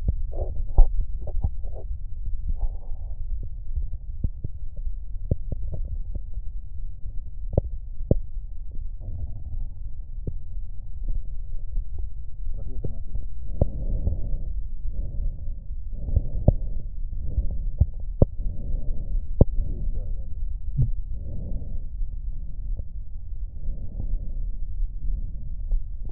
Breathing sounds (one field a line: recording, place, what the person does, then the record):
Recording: lung sounds by stethoscope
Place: right posterior apical chest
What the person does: quiet breathing, then deep breathing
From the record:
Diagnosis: none (healthy)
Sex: male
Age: 29 years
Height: 180 cm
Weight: 100 kg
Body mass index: 30.9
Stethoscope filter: extended mode